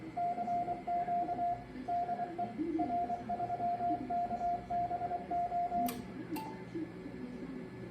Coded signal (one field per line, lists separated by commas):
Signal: Morse code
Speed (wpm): 24 wpm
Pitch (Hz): 700 Hz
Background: radio noise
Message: CQ DE R3KBO